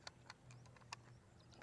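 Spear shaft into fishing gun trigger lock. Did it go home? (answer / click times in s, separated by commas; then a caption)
yes / 0.9 s. A spear shaft is pushed back into a fishing gun until it reaches the trigger mechanism, and the trigger is pressed so the shaft locks in place. Several light ticks are heard over a low hum, with the loudest, sharpest click at 0.9 s as the shaft locks. After that the shaft no longer moves.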